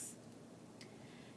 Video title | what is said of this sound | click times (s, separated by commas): FORA D40g- Blood Glucose Test and Data Upload | put the cap back on and twist it making sure that it clicks so that it locks now | 0.8 s